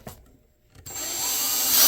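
A drill with a Torx bit is run on a case screw in the chassis of an Allen and Heath ZED10/FX audio mixer. After a quiet stretch with faint rustling, the drill kicks in sharply at 0.9 s and whirs with a rising, hissy whine as the bit spins out in the screw head instead of turning it. The screw head is stripped.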